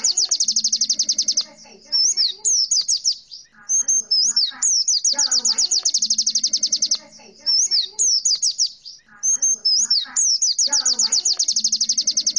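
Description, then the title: White-eye singing high, rapid chirp series that run for several seconds, broken by short warbled twitters and brief pauses, over a soft low hum. "Pleci"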